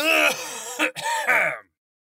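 A loud, noisy throat clearing: a raspy, voiced rumble broken into a few quick bursts with a short catch in the middle, lasting under two seconds and then stopping abruptly. No speech.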